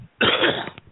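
One brief, harsh cough-like throat clearing from an adult man, loosening a little phlegm.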